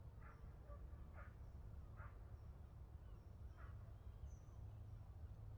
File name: Algemene sfeer in een polder met een blaffende hond - Beeld en Geluid